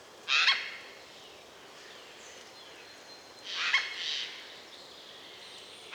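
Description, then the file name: Eurasian jay calling with rough, noisy screeches, one loud burst near the start and another about three seconds later, softer rasps trailing after. "Garrulus glandarius"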